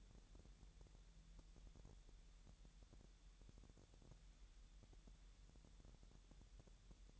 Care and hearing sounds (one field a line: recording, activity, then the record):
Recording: daily activity, microphone in the room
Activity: wipe stove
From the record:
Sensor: 3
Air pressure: 1000.9 hPa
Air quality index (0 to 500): 248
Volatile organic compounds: 176 ppm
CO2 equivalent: 4128 ppm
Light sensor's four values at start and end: 12/27/11/11 and 11/27/11/11